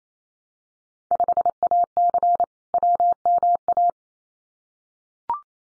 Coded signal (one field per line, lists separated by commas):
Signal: Morse code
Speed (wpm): 28 wpm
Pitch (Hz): 700 Hz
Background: none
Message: 5AC WMA